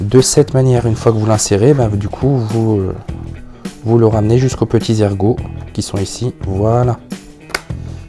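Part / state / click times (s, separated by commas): dust collection bag onto orbital sander base / seated / 7.6 s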